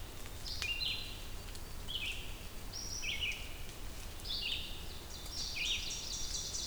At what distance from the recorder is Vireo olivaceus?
about 40 m